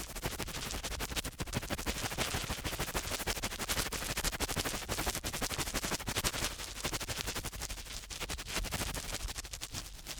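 Fast ear cleaning, a dense, continuous stream of crackling, scratchy clicks running the whole ten seconds. The rapid bursts are bright and hissy, with a steady level and only brief dips in intensity around the two-, six- and nine-second marks.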